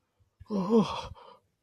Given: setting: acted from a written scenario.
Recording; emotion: vocal sound without words; fear